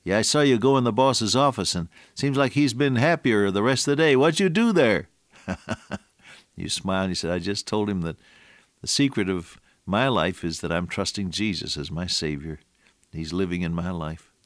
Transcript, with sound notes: Yeah, I saw you go in the boss’ office and it seems like he’s been happier the rest of the day. What’d you do there?” [chuckle] You smile and you say, “I just told him the secret of my life is that I’m trusting Jesus as my savior, and He’s living in my life.”